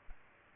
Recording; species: mosquito wingbeat signal from an infrared sensor; Culex pipiens